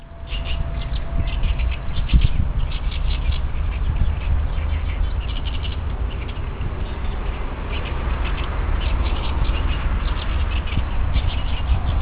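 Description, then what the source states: Oriental reed warbler singing grating, repeated chattering phrases in bursts throughout, over heavy low-pitched rumbling noise. Recorded in 2015.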